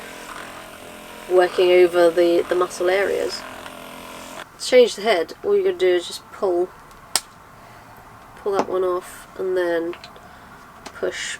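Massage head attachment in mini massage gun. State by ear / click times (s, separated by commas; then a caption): released / 7.2 s. Someone talks while pulling the massage head attachment off a mini massage gun to change it, with a steady hum in the background for the first few seconds. A single sharp hit sounds at 7.2 s as the head comes free, and the attachment is released.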